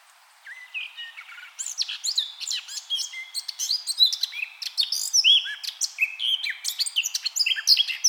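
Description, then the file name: Eurasian blackcap song: a quiet scratchy start, then a fast, loud, rich warble of varied high whistles and chirps running on for about six seconds. "Sylvia atricapilla"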